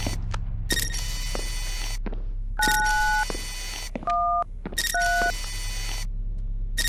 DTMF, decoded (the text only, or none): 913